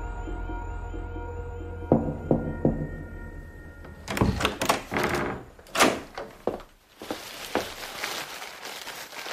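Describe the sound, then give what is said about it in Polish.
A door eases open with a few soft thunks and clicks, followed by shuffling steps and a steady crinkling rustle of a plastic bag over a low hum. “Cicho otwierają się drzwi, słyszę kroki, szelest reklamówki, pocałunek.”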